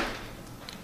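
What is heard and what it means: A replacement tilt-in window sash, tilted in for cleaning, is being handled and pushed back up toward its window frame so its tilt latches can snap in. A soft, fading rustle of handling is heard, with one brief tap at 0.7 s. Nothing has seated or clicked into place yet.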